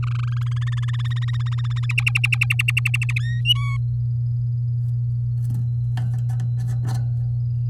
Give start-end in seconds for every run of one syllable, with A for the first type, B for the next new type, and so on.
0.03-0.39 A, 0.41-1.86 B, 1.89-3.12 C, 3.19-3.41 D, 3.45-3.77 E